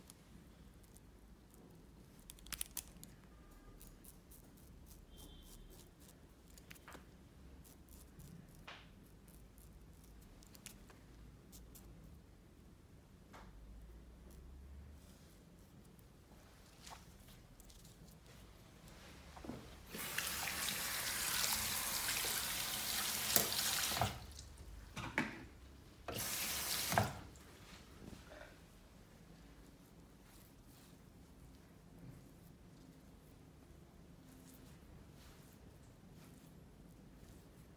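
A barber-shop session with sheet washing: soft scattered clicks and small handling sounds sit over a low, quiet hum for the first twenty seconds. Then water gushes hard for about four seconds, stops, and returns in a shorter burst before the quiet tapping resumes.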